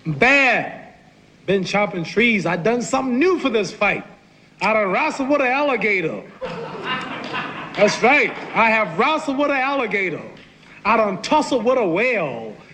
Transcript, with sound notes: I'm bad - been chopping trees, I done something new for this fight. I done wrestle with an alligator. (LAUGHTER) That's right. I have wrestled with an alligator. I done tussled with a whale.